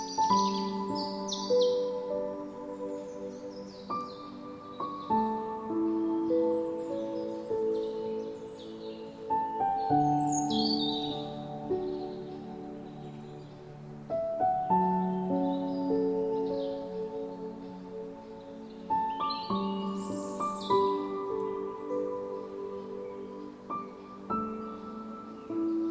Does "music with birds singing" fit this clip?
yes